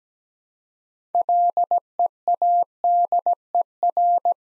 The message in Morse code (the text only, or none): LEADER